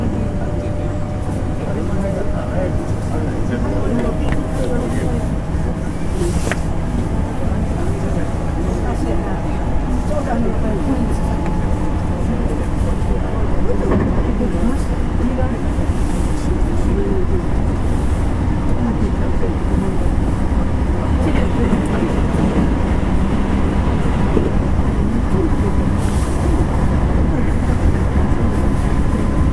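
Running sound inside a JR Kobe Line rapid 225-series train: steady low rumble, faint motor whine tones, occasional clicks, and murmured voices throughout.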